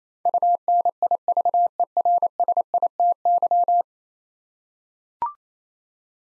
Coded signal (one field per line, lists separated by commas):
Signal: Morse code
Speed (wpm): 28 wpm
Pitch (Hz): 700 Hz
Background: none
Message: UNIVERSITY